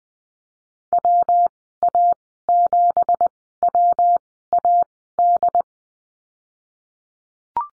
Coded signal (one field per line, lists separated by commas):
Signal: Morse code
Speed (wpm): 20 wpm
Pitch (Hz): 700 Hz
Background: none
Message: WA7WAD